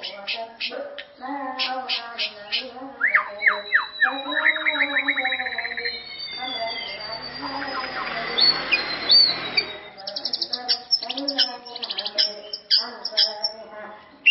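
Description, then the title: White-rumped shama song: quick trilled phrases and a long rising-falling whistle, with a noisy rustling stretch in the middle before chattering resumes. "murai batu"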